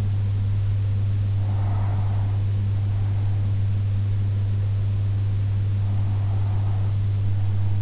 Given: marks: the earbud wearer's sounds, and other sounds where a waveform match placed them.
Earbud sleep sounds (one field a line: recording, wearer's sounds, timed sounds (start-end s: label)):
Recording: sounds in sleep by an in-ear microphone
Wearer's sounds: breath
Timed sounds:
0.82-2.82 s: breath
5.82-7.82 s: breath